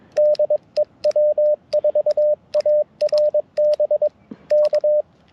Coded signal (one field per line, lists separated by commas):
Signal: Morse code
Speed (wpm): 22 wpm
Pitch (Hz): 600 Hz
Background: radio noise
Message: DEW4ARB K